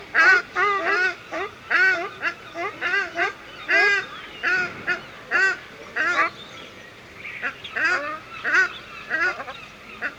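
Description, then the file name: Ruddy shelduck honking calls, nasal goose-like notes given in rapid irregular series throughout. Recorded at a zoo in the Netherlands. "Artis, casarca - Sound Cloud - Beeld en Geluid"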